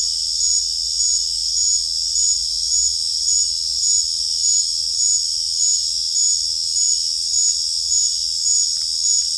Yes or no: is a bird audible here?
no